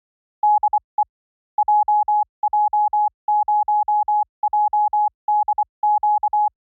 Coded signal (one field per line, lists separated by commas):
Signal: Morse code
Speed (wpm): 24 wpm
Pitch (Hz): 840 Hz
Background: none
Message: DE JJ0JDQ